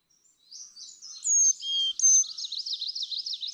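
Carolina chickadee, a couple of clean whistled notes, one high and one lower, set against continuous buzzy warbling and chattering.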